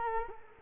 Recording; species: mosquito wingbeat signal from an infrared sensor; Culex quinquefasciatus